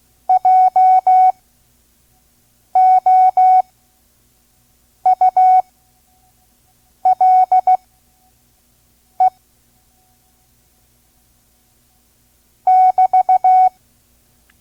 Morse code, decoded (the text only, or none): JOULE <BT>